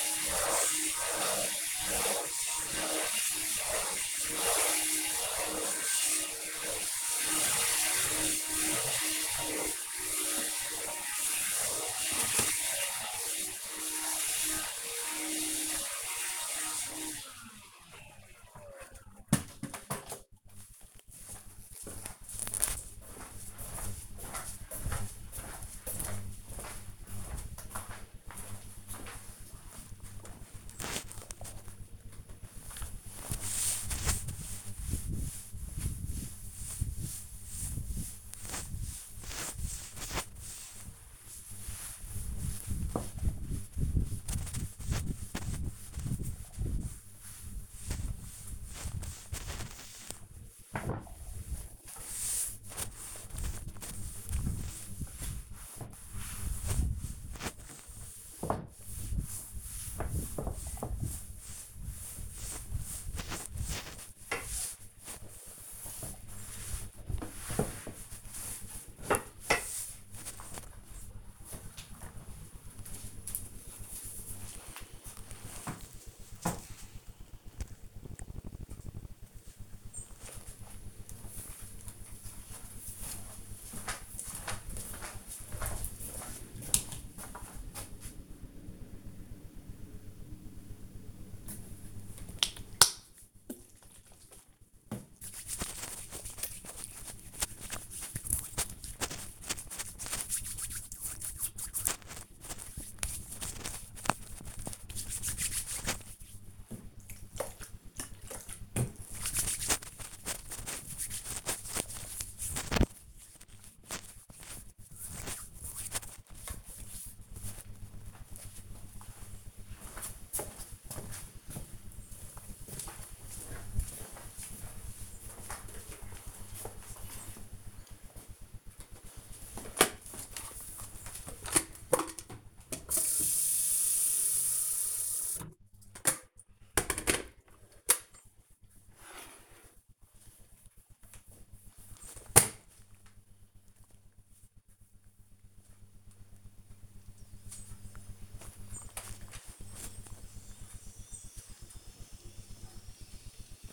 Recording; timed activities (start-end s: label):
household activities, microphone on the right wrist
0.00-17.40 s: vacuum cleaning
31.49-70.74 s: cleaning table
91.88-116.04 s: disinfecting hands
128.11-153.73 s: making tea